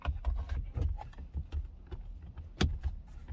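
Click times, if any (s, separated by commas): none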